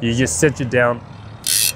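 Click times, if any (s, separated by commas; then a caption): 1.5 s. Someone talks as the ratcheting wheel arm of a bike mount on a bed rack is pushed down onto a bike tire. At 1.5 s a sharp, bright ratchet click rings out as the pawl catches. The arm seats and locks the front and back tire in place.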